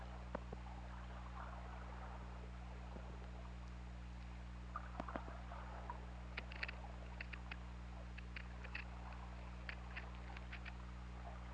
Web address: Pm OL Orca Lab UTLN JASON 20180216 193823